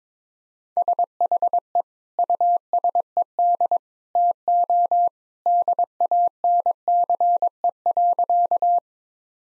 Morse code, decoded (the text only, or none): SHE USED TO DANCE.